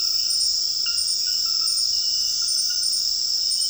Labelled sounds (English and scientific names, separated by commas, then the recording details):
none
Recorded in dense forest near Puerto Asís, Putumayo, Colombia, on 20 February 2024 at 23:00
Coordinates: 0.481, -76.318
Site G6421